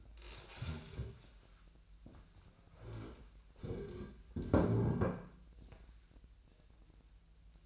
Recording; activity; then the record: daily activity, microphone in the room; stand up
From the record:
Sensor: 2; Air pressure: 1001.4 hPa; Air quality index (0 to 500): 241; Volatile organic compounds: 74 ppm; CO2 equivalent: 3556 ppm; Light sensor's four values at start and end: 11/25/11/11 and 9/22/9/10